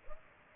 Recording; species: mosquito wingbeat signal from an infrared sensor; Aedes aegypti